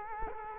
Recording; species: mosquito wingbeat signal from an infrared sensor; Culex quinquefasciatus